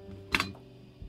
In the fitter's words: with having a lid that does click into place